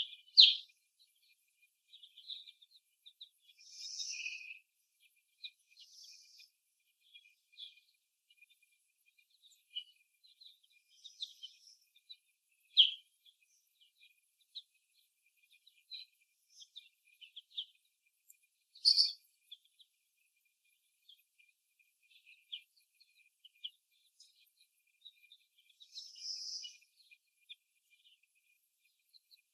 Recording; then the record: young laying hens in a cage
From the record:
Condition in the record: before the stressor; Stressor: simulated dog barking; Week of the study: 1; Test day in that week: 1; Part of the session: 1